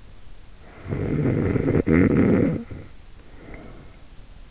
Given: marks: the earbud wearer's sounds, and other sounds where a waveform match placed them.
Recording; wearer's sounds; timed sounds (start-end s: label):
sounds in sleep by an in-ear microphone; snoring breath
0.68-4.11 s: snoring breath